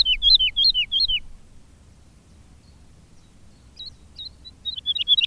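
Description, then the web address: Woodlark song: a few looping, falling liquid notes at the start, a pause of silence, then more looping notes building again toward the end. "agykontroll Madardalok Cd 2. Erdei pacsirta"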